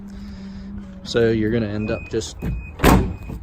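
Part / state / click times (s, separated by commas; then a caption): pickup tailgate latching to the truck bed / seated / 2.8 s. Someone talks over a low background hum, then the metal tailgate of a 2019 Chevy Silverado 1500 High Country pickup is slammed shut by hand with a loud thunk at 2.8 s after the power close fails. The tailgate latches to the truck bed.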